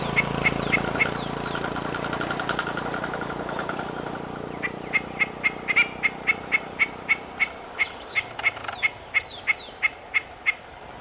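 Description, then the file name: Henna-capped foliage-gleaner song: a steady run of short, sharp notes, about three per second, with some higher descending whistles. "Canto do fura barreira"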